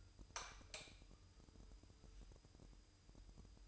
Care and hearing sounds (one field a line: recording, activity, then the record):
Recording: daily activity, microphone in the room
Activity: light on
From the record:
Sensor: 2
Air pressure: 988.2 hPa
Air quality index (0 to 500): 189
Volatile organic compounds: 175 ppm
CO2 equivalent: 4125 ppm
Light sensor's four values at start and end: 7/16/7/7 and 7/16/7/7